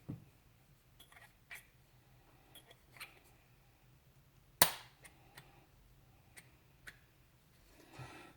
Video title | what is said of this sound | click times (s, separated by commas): LS Swap S10 Sonoma L33 Fuel System Install With Russell Twist Lok Hose And Fittings #3 | so we have that locked into place now we're going to need a fitting to go from here | 4.6 s